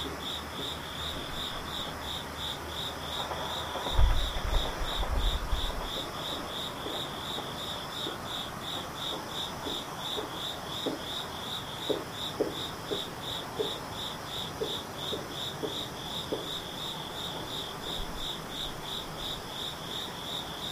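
Insects chirp without pause, a bright, evenly pulsing trill running high and steady through all twenty seconds. Beneath it, lower clicks and taps come in quick, irregular bursts, most often from about seven to sixteen seconds. A short low rumble and thump stand out around four to five seconds.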